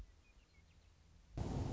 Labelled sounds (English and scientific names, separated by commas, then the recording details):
Western Meadowlark (Sturnella neglecta)
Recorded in Sonoma County, California